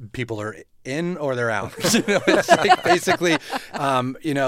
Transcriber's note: soundbite of laughter